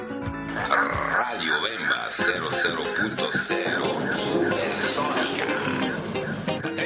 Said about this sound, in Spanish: Les vamos a poner más música, vamos a seguir bailando, es viernes.